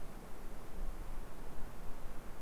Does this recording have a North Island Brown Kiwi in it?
no